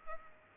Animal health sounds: mosquito wingbeat signal from an infrared sensor; Culex pipiens

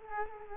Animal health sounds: mosquito wingbeat signal from an infrared sensor; Culex quinquefasciatus

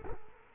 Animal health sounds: mosquito wingbeat signal from an infrared sensor; Culex quinquefasciatus

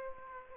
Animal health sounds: mosquito wingbeat signal from an infrared sensor; Aedes aegypti

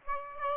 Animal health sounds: mosquito wingbeat signal from an infrared sensor; Aedes aegypti

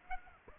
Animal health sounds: mosquito wingbeat signal from an infrared sensor; Aedes aegypti

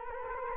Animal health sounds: mosquito wingbeat signal from an infrared sensor; Culex quinquefasciatus

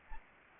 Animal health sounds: mosquito wingbeat signal from an infrared sensor; Anopheles arabiensis

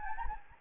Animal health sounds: mosquito wingbeat signal from an infrared sensor; Anopheles gambiae

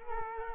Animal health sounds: mosquito wingbeat signal from an infrared sensor; Culex quinquefasciatus

